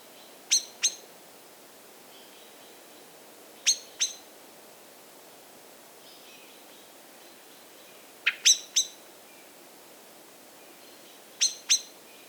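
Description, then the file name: Common blackbird giving sharp, clicking call notes, mostly in pairs, with one run of three and long pauses between groups; faint high calls behind. "Turdus merula"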